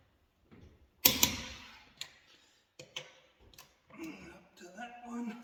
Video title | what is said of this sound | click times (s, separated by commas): maintenance day on the pick up | Go until you hear the click. | 1.1 s, 1.2 s